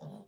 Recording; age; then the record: pig call; piglet (1 to 25 days)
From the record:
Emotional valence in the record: negative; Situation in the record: short isolation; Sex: female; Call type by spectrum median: low-frequency call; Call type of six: low-frequency modulated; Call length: 0.28 s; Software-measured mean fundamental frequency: 50 Hz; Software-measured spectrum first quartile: 173 Hz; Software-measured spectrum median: 284 Hz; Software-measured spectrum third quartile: 672 Hz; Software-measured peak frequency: 193 Hz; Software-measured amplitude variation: 124 dB a second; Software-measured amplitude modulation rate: 19.5 a second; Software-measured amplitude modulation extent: 6.4 dB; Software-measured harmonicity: 4.2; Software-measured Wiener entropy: -0.07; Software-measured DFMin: 1103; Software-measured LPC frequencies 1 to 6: 636, 3302, 3818, 5411, 6865, 8833 Hz